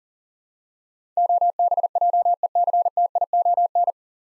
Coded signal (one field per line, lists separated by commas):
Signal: Morse code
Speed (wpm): 40 wpm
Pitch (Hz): 700 Hz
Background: none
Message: OBJECTION